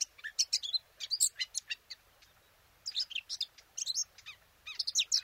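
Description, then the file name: Eurasian blackcap warbling in several bursts of rapid, scratchy and whistled notes, with short gaps of quiet between them. "Sylvia atricapilla"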